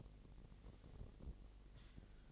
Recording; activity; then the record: daily activity, microphone in the room; take from stove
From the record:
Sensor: 4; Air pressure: 1000.2 hPa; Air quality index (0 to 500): 222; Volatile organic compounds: 26 ppm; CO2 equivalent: 2861 ppm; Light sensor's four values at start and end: 9/20/8/8 and 9/19/8/7